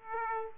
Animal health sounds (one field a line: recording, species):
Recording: mosquito wingbeat signal from an infrared sensor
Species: Aedes aegypti